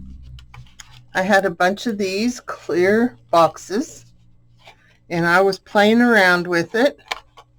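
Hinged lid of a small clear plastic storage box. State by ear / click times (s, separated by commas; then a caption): not seated / none. The hinged lid of a small clear plastic storage box is handled while someone talks, with a few faint, soft taps in the first second. The lid has not snapped shut yet, and nothing has seated or clicked.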